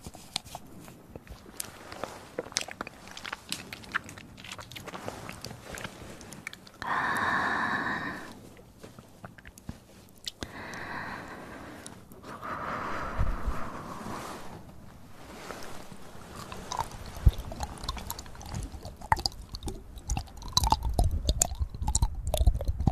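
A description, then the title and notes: Mouth sounds: wet clicks, smacks and crunchy chewing noises come in quick irregular bursts throughout. Short tonal hums appear around seven, eleven and thirteen seconds, and the clicking grows denser and louder toward the end. Mouth Sounds.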